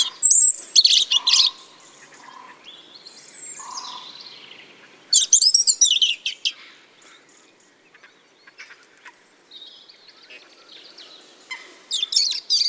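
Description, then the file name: European robin song: thin, high warbling phrases with trills, separated by pauses of several seconds, plus a few lower soft notes in between. "Erithacus rubecula"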